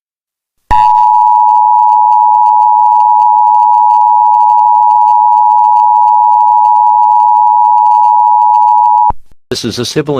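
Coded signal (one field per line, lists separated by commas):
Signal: Emergency Alert System (SAME) tones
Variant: 853 and 960 Hz attention tone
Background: speech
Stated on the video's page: Fictional EAS scenario, not a real alert.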